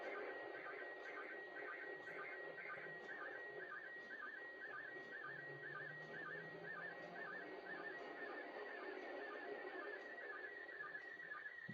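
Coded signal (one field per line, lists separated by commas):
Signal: SSTV (slow-scan television)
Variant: PD120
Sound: warbling tone around 2 kHz under heavy hiss, chirping dip about twice a second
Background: radio static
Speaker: Now you can see the picture starting to clear up a little bit.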